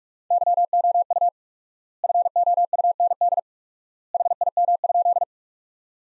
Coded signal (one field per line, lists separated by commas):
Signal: Morse code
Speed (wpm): 47 wpm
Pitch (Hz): 700 Hz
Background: none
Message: YOU FOUND HIM?